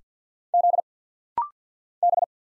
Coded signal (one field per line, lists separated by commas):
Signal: Morse code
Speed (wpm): 50 wpm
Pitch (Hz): 700 Hz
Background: none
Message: Z B